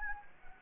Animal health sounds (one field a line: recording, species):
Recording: mosquito wingbeat signal from an infrared sensor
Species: Anopheles gambiae